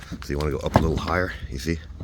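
Someone talks while handling the plastic rear bumper cover of a 2021-2025 Nissan Rogue, pushing its edge in and up toward the side retaining bracket so the tabs line up. Nothing has seated or clicked yet.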